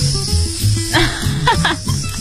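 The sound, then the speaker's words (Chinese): A voice imitates the sound of a foreign (non-Chinese) kitchen range hood with a soft, breathy, hissing whoosh for about two seconds, steady in loudness, with a faint low voiced murmur underneath and no words. “然后你打开外国的油烟机是。”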